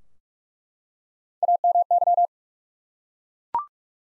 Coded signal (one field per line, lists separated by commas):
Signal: Morse code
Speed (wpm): 42 wpm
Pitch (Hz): 700 Hz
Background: none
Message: AMY